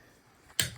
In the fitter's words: See? We heard the spec. We heard the click.